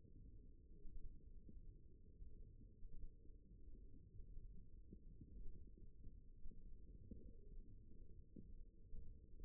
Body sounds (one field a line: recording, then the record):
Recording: forearm muscle sounds (acoustic myography)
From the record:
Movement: ulnar deviation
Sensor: system 1, eight BSWA MPA416 microphones around the upper forearm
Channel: 4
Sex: female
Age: 21 years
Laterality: right